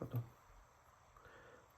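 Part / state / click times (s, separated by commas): watch band connector into smartwatch case lug / seated / 1.2 s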